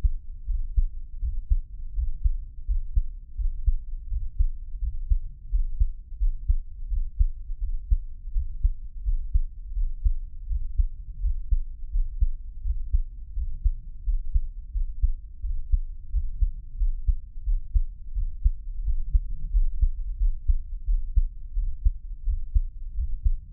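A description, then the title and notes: A heartbeat thumps steadily for the whole stretch, deep and muffled, with nothing above the low range. The beats come fast, even and dense, each one a soft dull thud over a low continuous rumble, with no other sounds around it. Give my Heartbeat. NO Talking.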